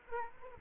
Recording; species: mosquito wingbeat signal from an infrared sensor; Aedes aegypti